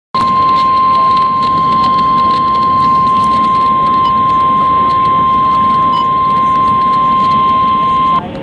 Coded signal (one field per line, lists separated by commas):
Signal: Emergency Alert System (SAME) tones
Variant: 1050 Hz attention tone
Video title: EAS #65-66 (Severe Thunderstorm Warnings)